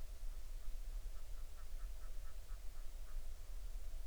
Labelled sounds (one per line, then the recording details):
bird
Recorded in the Arctic National Wildlife Refuge, Alaska, on 20 July 2019 at 02:41
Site 38